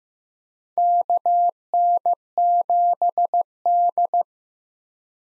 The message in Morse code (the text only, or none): KN7D